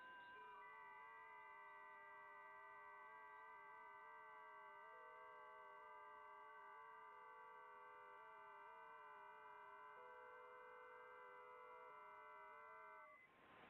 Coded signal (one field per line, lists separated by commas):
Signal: FT8